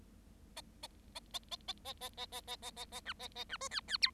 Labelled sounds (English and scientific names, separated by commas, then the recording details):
Bengalese Finch (Lonchura striata domestica) song
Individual Bird7